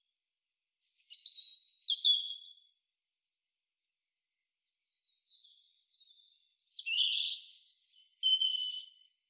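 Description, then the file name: European robin song: two phrases of high, sliding, wistful notes and rapid twitters, separated by a soft, faint warble in the quiet middle. "Erithacus rubecula"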